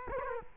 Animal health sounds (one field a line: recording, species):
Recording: mosquito wingbeat signal from an infrared sensor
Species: Culex quinquefasciatus